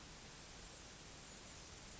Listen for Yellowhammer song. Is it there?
no